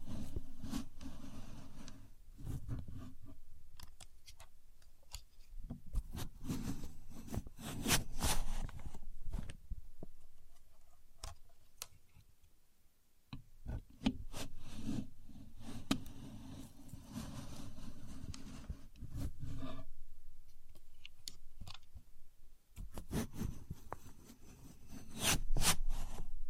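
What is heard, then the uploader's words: A contour gauge is handled with no talking: quick clicks and sharp ticks of its pins clatter in bursts, with a brief rattling slide near the eighth second. A low rumbling scrape runs underneath much of it, and quieter pauses fall around ten to thirteen and twenty to twenty-three seconds. Using A Contour Gauge (No Talking).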